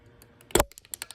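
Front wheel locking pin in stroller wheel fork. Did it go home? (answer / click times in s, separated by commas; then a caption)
yes / 0.6 s. While the spring-loaded front wheel swivel-lock pin of a Baby Jogger City Mini stroller is being worked out of its wheel fork, it snaps back into its seat with a sharp, loud click at 0.6 s. Several lighter, quick clicks and taps follow through the rest of the clip. The pin is seated back in.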